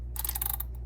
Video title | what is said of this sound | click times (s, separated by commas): 5 Drill Tips In 2 Minutes | tighten the Chuck but once it's tight make sure that you lock it down and you should hear it click | 0.2 s, 0.3 s, 0.4 s, 0.6 s